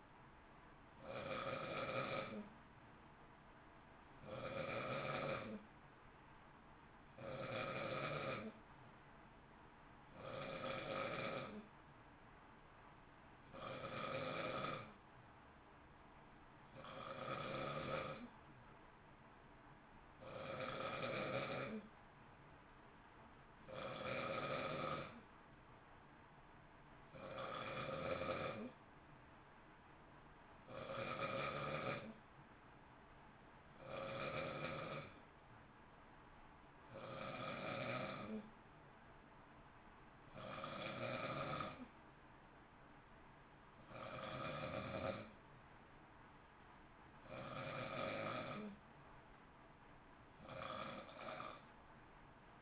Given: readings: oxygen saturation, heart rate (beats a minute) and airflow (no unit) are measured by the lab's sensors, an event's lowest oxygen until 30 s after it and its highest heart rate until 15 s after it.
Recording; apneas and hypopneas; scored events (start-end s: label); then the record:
breathing in sleep by a voice recorder at the bedside; none
none scored
From the record:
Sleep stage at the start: N2 (light sleep); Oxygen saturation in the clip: 91 to 92%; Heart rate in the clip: 55 to 59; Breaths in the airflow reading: 16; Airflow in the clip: -0.7 to 0.8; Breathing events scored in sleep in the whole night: 328 in 6.3 hours asleep